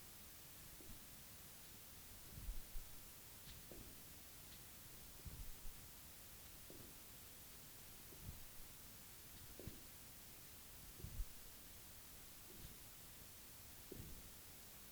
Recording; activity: daily activity, guitar pickup as the sensor; jump